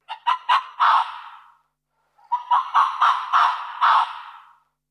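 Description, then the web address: Arctic fox calling: a quick series of harsh, nasal yelping barks, then a pause, then a second longer run of similar yelps. "odglosy lisa polarowego"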